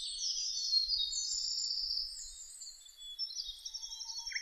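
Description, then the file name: Bird song: a busy, high, rambling warble of quick notes and short buzzy trills, over faint low thumps. Birdsong (saezuri) recorded on 1 May 2005. "050501 saezuri"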